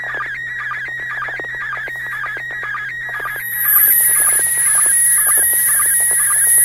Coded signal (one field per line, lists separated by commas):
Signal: SSTV (slow-scan television)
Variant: PD 120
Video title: N6NA SSTV Net - 01/17/2024